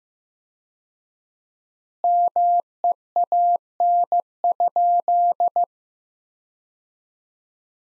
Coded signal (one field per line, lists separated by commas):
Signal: Morse code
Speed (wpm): 15 wpm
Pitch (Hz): 700 Hz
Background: none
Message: MEAN?